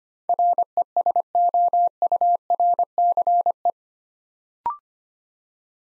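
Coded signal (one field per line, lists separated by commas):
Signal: Morse code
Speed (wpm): 25 wpm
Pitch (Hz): 700 Hz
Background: none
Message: RESOURCE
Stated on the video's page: Morse code practice at 25 wpm: 8-letter words built up two letters at a time, for instant character recognition training.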